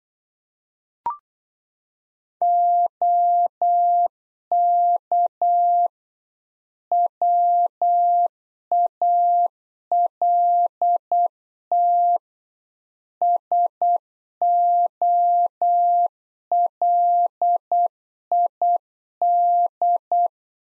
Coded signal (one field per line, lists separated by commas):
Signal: Morse code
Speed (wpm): 8 wpm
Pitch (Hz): 700 Hz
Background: none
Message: OK WALT SOLID